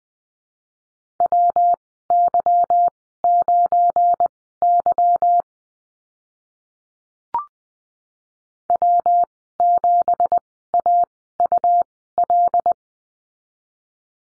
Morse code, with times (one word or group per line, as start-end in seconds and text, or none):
1.2-5.4 WY9Y
8.7-12.7 W7AUL